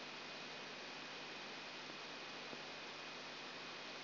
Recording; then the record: brain microelectrode recording played as sound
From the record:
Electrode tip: outside the subthalamic nucleus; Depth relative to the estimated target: -8 mm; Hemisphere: right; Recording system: AlphaMap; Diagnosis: Parkinson's disease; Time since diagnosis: 9 years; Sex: male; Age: 68 years